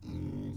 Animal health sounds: pig call; weaner (32 to 43 days)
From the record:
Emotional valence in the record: negative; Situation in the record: novel object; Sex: female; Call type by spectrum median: low-frequency call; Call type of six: low-frequency stable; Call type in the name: low-frequency stable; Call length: 0.57 s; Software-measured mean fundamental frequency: 47 Hz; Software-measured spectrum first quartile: 111 Hz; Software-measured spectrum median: 197 Hz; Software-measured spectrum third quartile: 311 Hz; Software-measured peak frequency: 133 Hz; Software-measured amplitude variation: 138 dB a second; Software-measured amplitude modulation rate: 30.0 a second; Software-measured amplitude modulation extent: 4.6 dB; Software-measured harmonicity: -1.6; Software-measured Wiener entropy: 0.24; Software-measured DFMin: 675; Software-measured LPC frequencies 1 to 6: 269, 2176, 3344, 3962, 5356, 6091 Hz

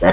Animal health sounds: pig call; piglet (1 to 25 days)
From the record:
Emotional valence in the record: positive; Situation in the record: reunion after long isolation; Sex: female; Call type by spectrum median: low-frequency call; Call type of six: low-frequency tonal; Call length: 0.13 s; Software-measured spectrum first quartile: 426 Hz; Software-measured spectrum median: 628 Hz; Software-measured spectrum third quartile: 1229 Hz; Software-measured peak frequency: 574 Hz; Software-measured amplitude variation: 99 dB a second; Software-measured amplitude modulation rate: 3.7 a second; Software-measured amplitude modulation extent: 26.6 dB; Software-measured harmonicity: 2.7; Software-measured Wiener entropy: -1.39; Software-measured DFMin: 1173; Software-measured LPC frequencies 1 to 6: 589, 1870, 3452, 4339, 5451, 6412 Hz

